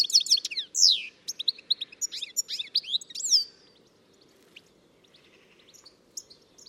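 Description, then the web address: Bird song of varied sweeping whistles and quick chips that run for about three seconds, then fade into scattered faint notes. "Deverinetal 2025 File origin Bird Only"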